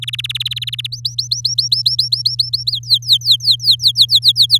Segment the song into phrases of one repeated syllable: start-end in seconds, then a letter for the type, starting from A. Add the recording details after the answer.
0.02-0.87 A, 0.92-2.71 B, 2.71-4.58 C. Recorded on 8 May 2018 at 05:45. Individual llb16